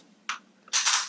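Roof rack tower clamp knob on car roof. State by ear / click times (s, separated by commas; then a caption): torque reached / 0.3 s. A Yakima Corebar and Jetstream roof rack tower clamp is snugged down onto a car roof at setting 1, and its tightening knob gives one sharp click at 0.3 s as it reaches set tension. A louder, longer burst of broadband noise follows from about 0.7 s to the end.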